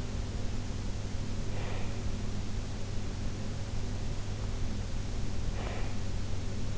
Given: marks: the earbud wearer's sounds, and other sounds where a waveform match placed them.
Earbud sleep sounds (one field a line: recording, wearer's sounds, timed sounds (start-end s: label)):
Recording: sounds in sleep by an in-ear microphone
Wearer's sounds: breath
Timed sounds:
1.25-2.05 s: breath
5.45-5.92 s: breath